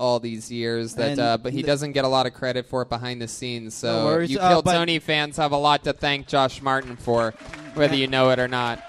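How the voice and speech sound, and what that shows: An adult man talks fluently at a brisk, conversational pace, with a clear, moderately low voice and only short natural pauses. Consonants and vowels are crisp, with no repeats, blocks or slurring. This is ordinary, normal speech.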